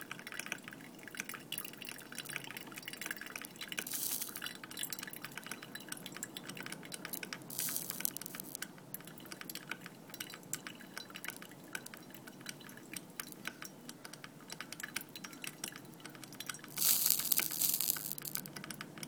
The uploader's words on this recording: Making coffee at Da Vinci Villa by Bougie.